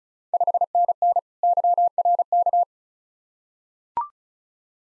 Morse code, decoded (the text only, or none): 5NN YRK